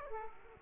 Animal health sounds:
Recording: mosquito wingbeat signal from an infrared sensor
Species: Aedes aegypti

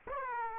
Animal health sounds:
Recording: mosquito wingbeat signal from an infrared sensor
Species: Aedes aegypti

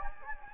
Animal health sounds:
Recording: mosquito wingbeat signal from an infrared sensor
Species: Anopheles gambiae

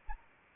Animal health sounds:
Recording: mosquito wingbeat signal from an infrared sensor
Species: Anopheles arabiensis

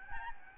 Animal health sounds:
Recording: mosquito wingbeat signal from an infrared sensor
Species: Aedes albopictus

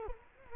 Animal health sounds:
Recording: mosquito wingbeat signal from an infrared sensor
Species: Culex quinquefasciatus

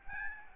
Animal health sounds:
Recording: mosquito wingbeat signal from an infrared sensor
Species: Aedes albopictus

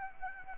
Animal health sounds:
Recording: mosquito wingbeat signal from an infrared sensor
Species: Anopheles arabiensis

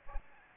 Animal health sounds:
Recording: mosquito wingbeat signal from an infrared sensor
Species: Aedes albopictus

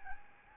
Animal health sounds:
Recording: mosquito wingbeat signal from an infrared sensor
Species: Aedes albopictus

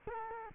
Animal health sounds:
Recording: mosquito wingbeat signal from an infrared sensor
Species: Culex quinquefasciatus

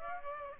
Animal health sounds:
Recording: mosquito wingbeat signal from an infrared sensor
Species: Aedes aegypti

